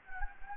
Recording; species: mosquito wingbeat signal from an infrared sensor; Anopheles gambiae